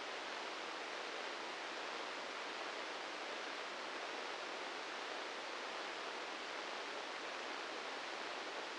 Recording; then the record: brain microelectrode recording played as sound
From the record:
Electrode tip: inside the subthalamic nucleus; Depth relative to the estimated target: 0 mm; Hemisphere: right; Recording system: NeuroSet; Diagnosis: Parkinson's disease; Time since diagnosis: 13 years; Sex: male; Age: 66 years